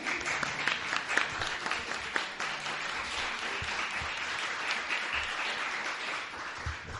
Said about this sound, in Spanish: Pero qué maravilla, un aplauso para vosotros.